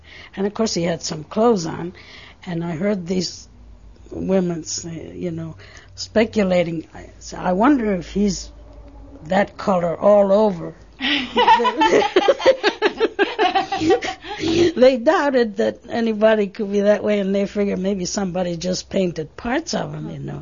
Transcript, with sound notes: And, of course, he had some clothes on, and I heard these women, you know, speculating, "I wonder if he's that color all over." ( they laugh ) They doubted that anybody could be that way, and they figured maybe somebody just painted parts of him, you know.